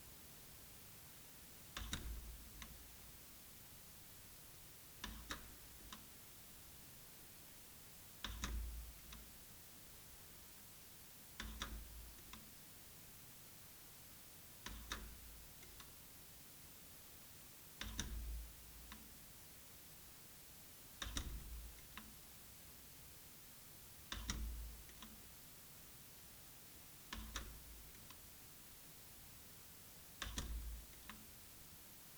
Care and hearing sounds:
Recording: daily activity, guitar pickup as the sensor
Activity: manipulate door

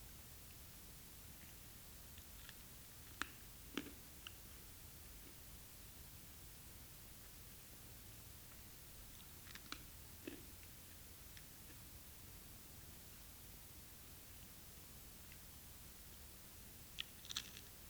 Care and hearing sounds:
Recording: daily activity, guitar pickup as the sensor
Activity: eat

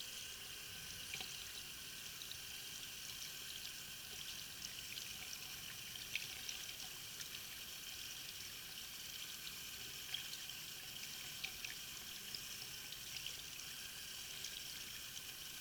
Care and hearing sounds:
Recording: daily activity, guitar pickup as the sensor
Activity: wash hands

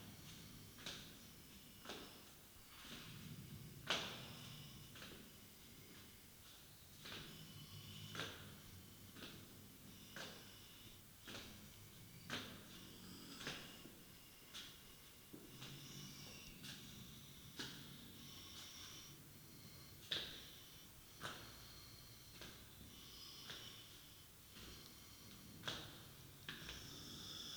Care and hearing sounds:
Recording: daily activity, guitar pickup as the sensor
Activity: go downstairs

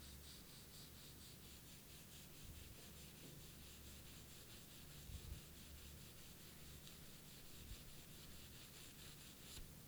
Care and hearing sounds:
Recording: daily activity, guitar pickup as the sensor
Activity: brush teeth

